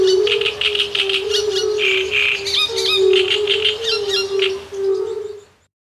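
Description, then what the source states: Great reed warbler song: grating, chattering notes in rapid repeated bursts above a constant low toad chorus, fading out at the end. Heard with fire-bellied toads.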